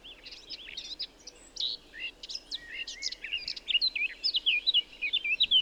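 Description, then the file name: Eurasian blackcap song starting as chattering, scratchy warble and building into louder, clearer fluty notes toward the end. "Sylvia atricapilla"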